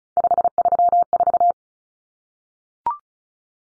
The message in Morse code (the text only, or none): 534